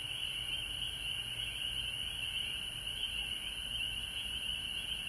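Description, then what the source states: Frogs calling nonstop in a dense high chorus, a faint lower tone underneath and a persistent shrill hum above. Recorded at home in Georgia on March 19, 2020.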